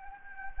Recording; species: mosquito wingbeat signal from an infrared sensor; Anopheles gambiae